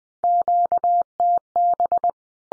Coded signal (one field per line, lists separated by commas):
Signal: Morse code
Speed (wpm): 20 wpm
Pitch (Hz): 700 Hz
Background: none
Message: QTB